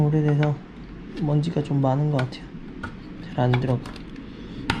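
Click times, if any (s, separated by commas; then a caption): 4.7 s. A memory module is pressed down into a motherboard DIMM slot while someone talks. After a struggle to get it in, it seats with a single sharp click at 4.7 s.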